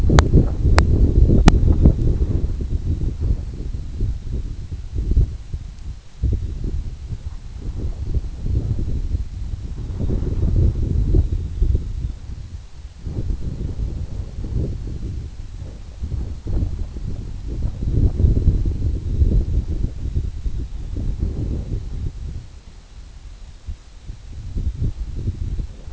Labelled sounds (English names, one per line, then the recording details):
none
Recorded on Arctic tundra, site EABA-1, on 27 June 2018
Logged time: 12:00